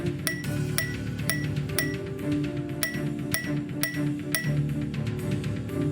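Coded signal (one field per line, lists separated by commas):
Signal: tap code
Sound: metallic clinking taps, a group of 5 then a group of 4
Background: background music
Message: Y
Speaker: this is another tap code one let's listen to it that's going to be a five and a four that's going to correspond to Yankee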